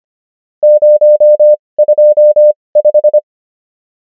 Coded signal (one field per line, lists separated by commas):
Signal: Morse code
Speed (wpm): 25 wpm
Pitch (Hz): 600 Hz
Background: none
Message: 025